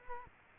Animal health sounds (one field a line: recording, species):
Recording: mosquito wingbeat signal from an infrared sensor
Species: Culex quinquefasciatus